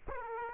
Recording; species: mosquito wingbeat signal from an infrared sensor; Aedes aegypti